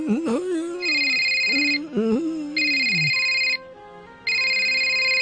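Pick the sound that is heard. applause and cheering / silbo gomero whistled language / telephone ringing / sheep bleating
telephone ringing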